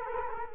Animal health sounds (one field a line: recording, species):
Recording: mosquito wingbeat signal from an infrared sensor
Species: Culex quinquefasciatus